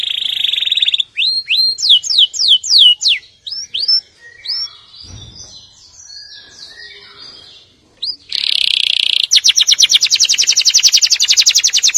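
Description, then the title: Canary song: a steady high trill, then a series of rapid descending whistled sweeps, a quieter warbled passage, a brief pause, and a fast buzzy rattling roll to finish. "Kenari"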